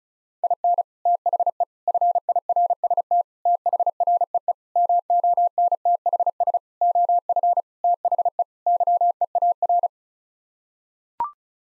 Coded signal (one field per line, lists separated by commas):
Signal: Morse code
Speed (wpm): 34 wpm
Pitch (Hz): 700 Hz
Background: none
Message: IN THE FIRST THREE MONTHS OF THE YEAR